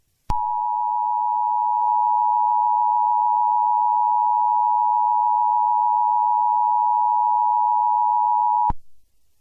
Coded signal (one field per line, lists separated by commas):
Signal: Emergency Alert System (SAME) tones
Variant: 853 and 960 Hz attention tone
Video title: EAS SCENARIO: Does Bad Things Guy: 11/20/2025. **HAS VALID TONES**